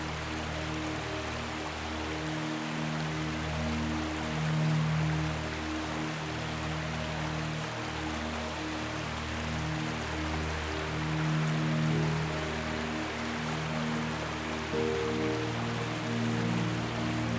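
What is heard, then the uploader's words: Soft, sustained low piano chords shift slowly every few seconds over a steady hiss of flowing stream water that never lets up. Peaceful Piano Music with Water Sounds. A soothing stream gently passing by while you fall asleep or relax. A piano lullaby with atmospheric sounds in the background.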